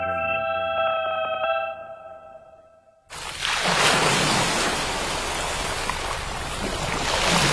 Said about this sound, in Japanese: ザバン、ザバン。海が光っている。どこか遠くの心の中の雫がポタリ集まって、ザバン。ザバーン、海が揺れている。